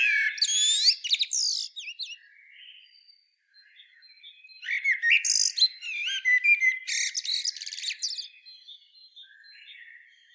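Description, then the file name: Common blackbird song: a sweet whistled phrase with a high twittering end, a short pause with faint notes, then a longer fluty phrase breaking into shrill chattering squeaks. "Turdus merula"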